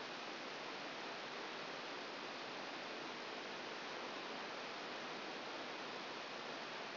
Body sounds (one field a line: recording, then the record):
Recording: brain microelectrode recording played as sound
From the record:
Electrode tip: outside the subthalamic nucleus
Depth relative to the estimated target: 4 mm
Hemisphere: left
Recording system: AlphaMap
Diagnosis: Parkinson's disease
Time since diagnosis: 10 years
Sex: female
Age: 63 years